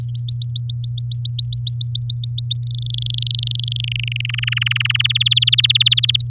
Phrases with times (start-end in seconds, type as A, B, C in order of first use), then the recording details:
0.01-2.54 A, 2.55-2.57 B, 2.63-3.81 C, 3.83-4.26 D, 4.29-5.02 E, 5.04-6.16 F, 6.20-6.28 A. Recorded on 8 May 2018 at 05:41. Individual llb16